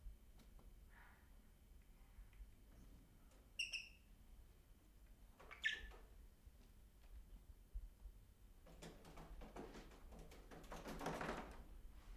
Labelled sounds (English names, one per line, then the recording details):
Fischer's Lovebird
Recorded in captivity
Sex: pair
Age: adult
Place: Zepernick, Barnim, Brandenburg, DE
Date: 2005-03-23 12:27
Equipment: Tascam DA-P1, Sennheiser MKH 70, Windschutz
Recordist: Frommolt, Karl-Heinz
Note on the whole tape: In Zimmervoliere gehaltenes Geschwisterpaar (geschlüpft Anfang August 2000): Balz und Fluggeräusche. Erste Rufe übersteuert!!! Entfernung 2 m